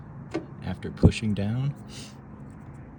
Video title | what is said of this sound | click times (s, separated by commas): 2022 GMC Sierra 2500 Tail Light Installation Guide (Easy | you'll hear two clicks | 0.3 s